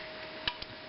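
A steel zigzag pattern cam is put back into a cast-iron Montgomery Ward 21 Jewel Supreme Automatic zigzag sewing machine and engages with the cam follower lever. It gives a short metallic tick at 0.5 s, followed by two fainter ticks near 0.6 and 0.9 s over a low steady hiss. The cam is seated and engaged with the lever.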